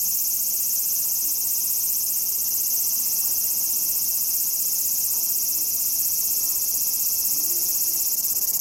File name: セミ アブラゼミの鳴き声